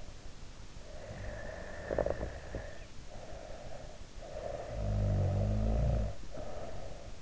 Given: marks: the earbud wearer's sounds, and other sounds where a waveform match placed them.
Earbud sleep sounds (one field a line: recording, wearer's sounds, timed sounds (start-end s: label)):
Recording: sounds in sleep by an in-ear microphone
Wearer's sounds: snoring breath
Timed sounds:
0.74-3.91 s: snoring breath
4.29-7.22 s: snoring breath